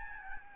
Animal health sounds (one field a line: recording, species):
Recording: mosquito wingbeat signal from an infrared sensor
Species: Aedes albopictus